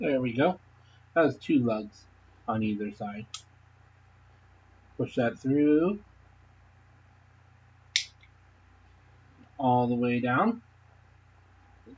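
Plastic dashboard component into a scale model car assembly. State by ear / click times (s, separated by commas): seated / 8.0 s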